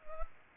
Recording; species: mosquito wingbeat signal from an infrared sensor; Culex pipiens